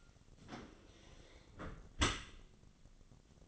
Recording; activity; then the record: daily activity, microphone in the room; close dishwasher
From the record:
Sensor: 4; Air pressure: 1003.9 hPa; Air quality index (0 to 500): 148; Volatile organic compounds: 2 ppm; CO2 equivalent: 1057 ppm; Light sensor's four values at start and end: 18/43/18/19 and 19/46/19/20